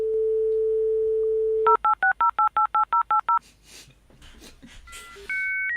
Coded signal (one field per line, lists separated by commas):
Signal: DTMF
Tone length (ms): 110 ms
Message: 0860888080